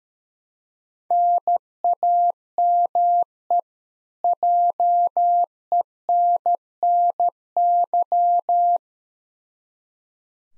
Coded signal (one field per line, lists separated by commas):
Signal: Morse code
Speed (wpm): 13 wpm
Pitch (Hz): 700 Hz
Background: none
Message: NAME JENNY